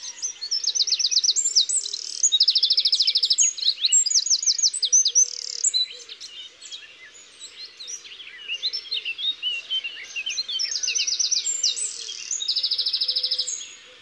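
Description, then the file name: Eurasian wren song: loud, high, rapid bursts of bright trills and sharp twittering notes. Isère. "Troglodyte-mignon-Concerts-naturels-de-l Isere-Studio-Les-Trois-Becs"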